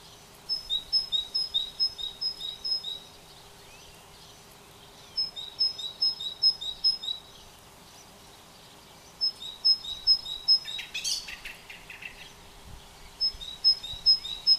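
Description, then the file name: Great tit singing bright two-note phrases, high then lower, repeated in several bursts separated by pauses, over steady background hum. "Parus major"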